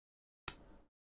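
A plastic toy brick is pressed onto a brick model during a build and seats with a sharp, audible click at 0.5 s. The click is followed by a short, fading rattle that ends around 0.9 s, with silence before and after.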